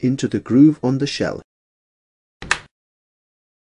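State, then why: Seated. A removable chin bar of an HJC IS-Multi multi-configuration motorcycle helmet is pushed into the groove on the polycarbonate shell while someone talks. After a pause, two sharp clicks at 2.4 and 2.5 seconds show the chin bar has locked into the shell.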